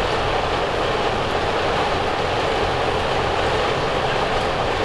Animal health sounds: poultry house recording; no chicken sound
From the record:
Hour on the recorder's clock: 8

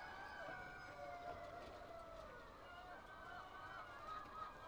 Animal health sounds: poultry house recording; healthy chickens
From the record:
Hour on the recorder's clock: 8

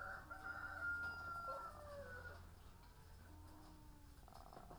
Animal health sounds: poultry house recording; sick chickens (respiratory disease)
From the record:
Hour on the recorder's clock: 18

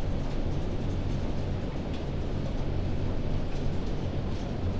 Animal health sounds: poultry house recording; no chicken sound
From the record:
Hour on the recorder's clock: 0

